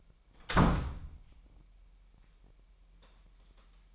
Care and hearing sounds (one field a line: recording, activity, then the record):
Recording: daily activity, microphone in the room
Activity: close door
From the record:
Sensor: 1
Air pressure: 998.4 hPa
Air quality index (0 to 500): 134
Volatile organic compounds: 4 ppm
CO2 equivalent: 1597 ppm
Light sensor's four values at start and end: 18/61/24/25 and 18/61/24/25